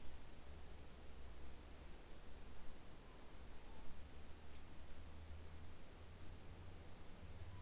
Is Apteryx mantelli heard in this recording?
no